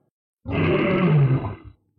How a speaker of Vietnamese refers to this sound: Kỳ lân nhỏ trắng như tuyết, lớn tiếng hét.